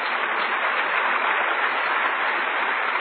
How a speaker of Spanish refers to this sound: En tercer lugar tenemos, gloria al Señor, un aplauso al Señor, a Él.